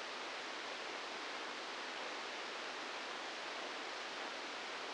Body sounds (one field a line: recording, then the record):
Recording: brain microelectrode recording played as sound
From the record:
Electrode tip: inside the subthalamic nucleus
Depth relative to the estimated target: 0 mm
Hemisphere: left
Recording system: NeuroSet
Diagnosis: Parkinson's disease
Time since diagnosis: 10 years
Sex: male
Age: 63 years